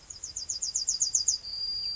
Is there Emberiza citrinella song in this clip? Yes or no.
yes